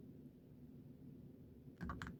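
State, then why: Not seated. An attachment part is pushed into a sewing machine where it is supposed to snap into place. Over a low steady background hum, a few faint, small taps come near the end. The part has not snapped or clicked into place yet, because it is not being pushed hard enough.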